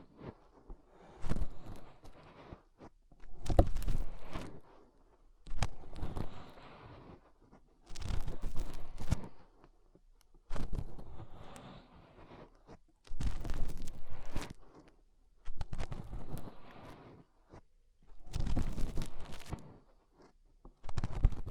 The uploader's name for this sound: Inner Ear Cleaning Using Fingers